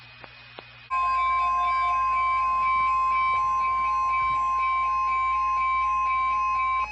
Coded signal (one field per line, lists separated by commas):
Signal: Emergency Alert System (SAME) tones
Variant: 1050 Hz attention tone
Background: music